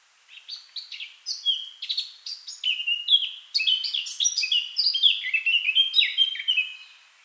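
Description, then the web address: Eurasian blackcap song, a fast, rich warble of varied chattering and fluty notes running for about seven seconds without pause. "SETE Sylvia atricapilla"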